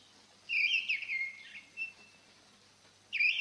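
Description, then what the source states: Mistle Thrush singing a brief, rich fluted phrase with a short trailing note, then a long pause before the next phrase starts. Old pine forest; occasionally heard, described as a beautiful song.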